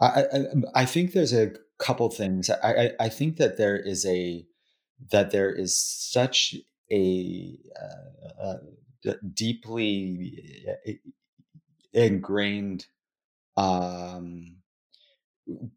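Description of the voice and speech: Adult male speech with stuttering: repeated 'I-I-I' at the start of a phrase, stretched sounds and drawn-out vowels, and long silent blocks that make the delivery very slow and broken.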